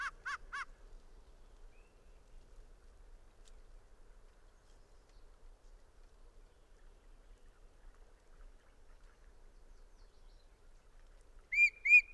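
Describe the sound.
Bird song: four short, sharp, broad-toned notes at the start, a long quiet pause, then a few rising whistled notes at the end.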